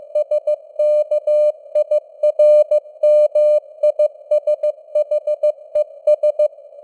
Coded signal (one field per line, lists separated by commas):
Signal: Morse code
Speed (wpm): 15 wpm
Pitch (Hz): 600 Hz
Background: none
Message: SKIRMISHES